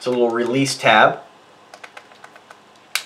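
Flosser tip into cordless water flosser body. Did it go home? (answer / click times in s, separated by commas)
yes / 2.9 s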